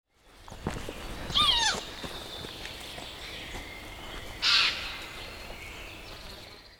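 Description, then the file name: Eurasian jay giving two harsh, rasping screeches about three seconds apart. "Garrulus glandarius"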